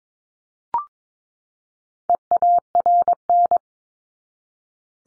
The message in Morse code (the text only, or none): EARN